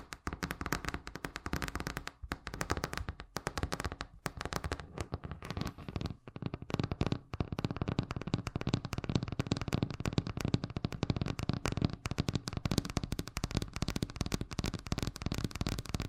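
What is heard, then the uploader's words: Fast tapping runs for the whole sixteen seconds, a dense, rapid stream of sharp clicks that blur together like shuffling cards or crackling. The rhythm is uneven, with brief pauses near two, three, six and seven seconds, after which the tapping continues steadily to the end. ASMR Braingasm Inducing Fast Tapping (No Talking).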